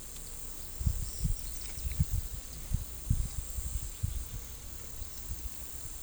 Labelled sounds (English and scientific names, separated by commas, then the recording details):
none
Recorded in pastures near Puerto Asís, Putumayo, Colombia, on 21 December 2024 at 12:30
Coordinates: 0.487, -76.322
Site GP09